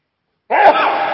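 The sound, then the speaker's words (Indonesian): A single sudden sneeze bursts out of silence, a sharp, loud, breathy blast with a brief voiced edge that trails off after about half a second. “Alhamdulillah. Hadikumullah subhanahu.”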